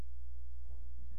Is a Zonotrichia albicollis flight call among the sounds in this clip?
no